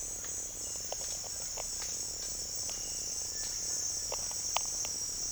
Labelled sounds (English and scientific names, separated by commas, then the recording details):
Cinereous Tinamou (Crypturellus cinereus)
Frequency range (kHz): Cinereous Tinamou (Crypturellus cinereus) 1.2-2.0 kHz
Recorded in dense forest near Puerto Asís, Putumayo, Colombia, on 21 March 2025 at 07:30
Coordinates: 0.484, -76.317
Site G064